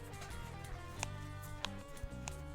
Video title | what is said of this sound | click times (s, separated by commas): Before You Buy! TORRO vs Apple Woven Case iPhone 17 Pro Max | Yep, there's a little bit. There's a little bit of resistance. You can hear the click. | 1.0 s, 1.6 s, 2.3 s